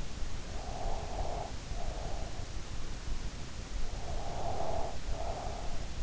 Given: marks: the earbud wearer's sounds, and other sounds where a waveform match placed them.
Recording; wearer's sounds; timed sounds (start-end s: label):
sounds in sleep by an in-ear microphone; breath
0.55-2.34 s: breath
3.82-5.90 s: breath